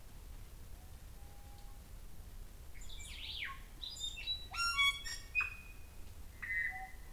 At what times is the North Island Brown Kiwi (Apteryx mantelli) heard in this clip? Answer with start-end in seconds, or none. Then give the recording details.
none. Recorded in New Zealand on 24 November 2013. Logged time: 03:42. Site CF70